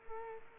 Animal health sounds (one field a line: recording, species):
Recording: mosquito wingbeat signal from an infrared sensor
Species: Culex quinquefasciatus